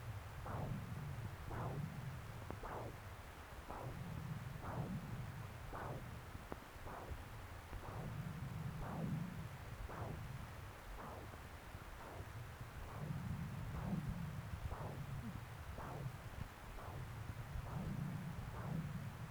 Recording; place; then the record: Doppler ultrasound of blood flow; left subclavian vein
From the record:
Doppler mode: continuous wave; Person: adult scuba diver, at rest before a dive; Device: O'Dive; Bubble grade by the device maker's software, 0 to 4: 0